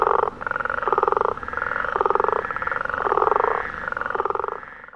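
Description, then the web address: Frogs giving rapid rattling croaks, buzzy pulsed notes in bursts under a second long, several in a row with short gaps, a steady chorus behind. "aanipaa sounds sammakot"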